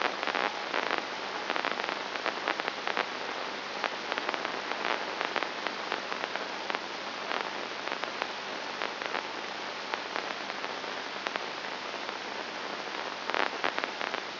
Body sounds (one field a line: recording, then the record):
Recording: brain microelectrode recording played as sound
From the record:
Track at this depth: inside the subthalamic nucleus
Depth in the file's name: 1.904 mm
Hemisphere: left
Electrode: 2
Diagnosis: Parkinson's disease